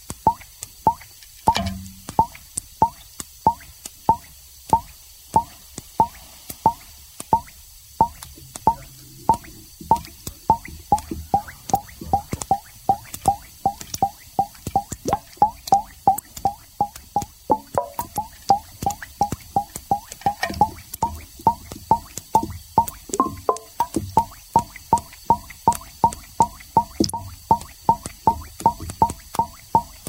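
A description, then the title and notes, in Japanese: Bubbles of oxygen gas pop up through the water's surface as it is collected over water in a chemistry experiment. Short, bright blips with a watery plop come in a quick, fairly regular stream, about two per second, throughout the clip, over a faint steady hiss. 懐かしの化学実験によって得られる「純粋な」泡の音。二酸化マンガンに過酸化水素水を加え、酸素を発生させます。発生した酸素が水上置換法によって水面から出てくる時の泡の音。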